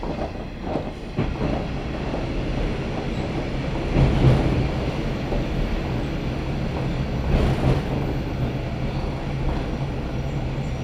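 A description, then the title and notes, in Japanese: A one-man train pulls away from Kitakata station, its steady low rumble and rattle filling the clip without pause. A brief clank comes near the start, and louder surges of rolling noise with higher squeal rise around four and seven and a half seconds. 佐世保線・長崎本線 北方→肥前山口→鍋島→佐賀。ワンマン列車は北方を発車。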